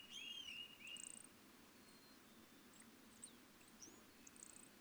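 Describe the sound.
Evening grosbeak call notes and a quick run of slurred chirps at the start, then only faint scattered notes within constant background hiss.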